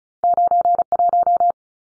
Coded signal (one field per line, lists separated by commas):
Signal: Morse code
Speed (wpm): 34 wpm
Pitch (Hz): 700 Hz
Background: none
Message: 91